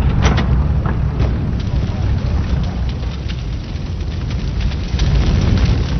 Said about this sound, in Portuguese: Novamente, um B-29 havia caído na pista.